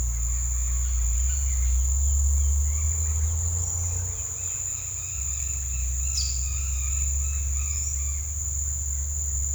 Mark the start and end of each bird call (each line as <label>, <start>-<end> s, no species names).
bird call, 3.61-8.41 s